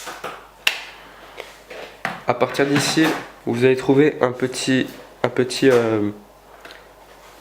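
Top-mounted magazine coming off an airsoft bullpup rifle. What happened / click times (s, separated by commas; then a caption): The magazine latch let go and the magazine came free / 0.7 s. A high-capacity magazine is pulled back off the top of a plastic King Arms P90 airsoft bullpup replica after its two rear tabs are pressed and it is lifted. A sharp, loud click at 0.7 s marks the latch letting go and the magazine coming free, followed by a few softer handling knocks. Then someone talks.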